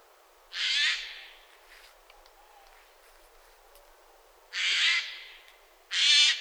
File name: Garrulus glandarius